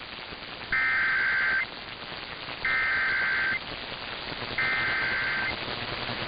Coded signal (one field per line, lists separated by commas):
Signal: Emergency Alert System (SAME) tones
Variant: header bursts